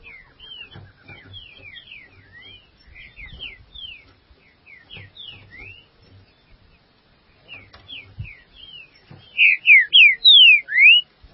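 Green-winged saltator song: quiet, rapid whistled notes in short bursts, ending with a loud phrase of several strong slurred whistles.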